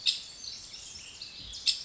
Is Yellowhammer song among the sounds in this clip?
no